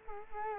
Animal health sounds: mosquito wingbeat signal from an infrared sensor; Culex quinquefasciatus

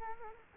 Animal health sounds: mosquito wingbeat signal from an infrared sensor; Culex quinquefasciatus

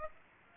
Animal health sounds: mosquito wingbeat signal from an infrared sensor; Aedes aegypti

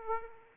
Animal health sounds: mosquito wingbeat signal from an infrared sensor; Aedes aegypti

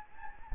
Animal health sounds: mosquito wingbeat signal from an infrared sensor; Anopheles gambiae

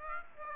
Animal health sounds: mosquito wingbeat signal from an infrared sensor; Aedes aegypti

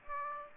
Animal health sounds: mosquito wingbeat signal from an infrared sensor; Aedes aegypti

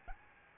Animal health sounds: mosquito wingbeat signal from an infrared sensor; Aedes albopictus

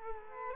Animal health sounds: mosquito wingbeat signal from an infrared sensor; Culex quinquefasciatus

